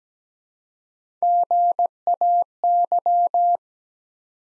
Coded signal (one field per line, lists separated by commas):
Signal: Morse code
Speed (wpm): 17 wpm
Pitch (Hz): 700 Hz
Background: none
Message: GAY